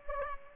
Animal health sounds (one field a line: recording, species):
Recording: mosquito wingbeat signal from an infrared sensor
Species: Culex pipiens